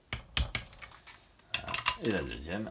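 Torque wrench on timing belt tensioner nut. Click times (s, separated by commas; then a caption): 0.4 s. A torque wrench set to 26 Nm tightens the first timing belt tensioner nut on a Ducati 748/888/916/996 during a timing belt change, and the wrench clicks at its setting at 0.4 s. Further sharp metallic clinks follow around 0.6, 1.5, 1.7 and 1.9 s, and then someone talks.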